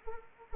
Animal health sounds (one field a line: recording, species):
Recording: mosquito wingbeat signal from an infrared sensor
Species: Anopheles arabiensis